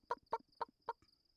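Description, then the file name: Chicken clucking: four short, throaty clucks in quick succession, about one every quarter second, over a faint steady high-pitched whine. "Huhn"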